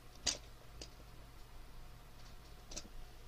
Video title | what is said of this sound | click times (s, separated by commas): Selezen Builds: LEGO Race Kart Part 2 of 2 | and locks into place with the yellow bit. Like | 0.3 s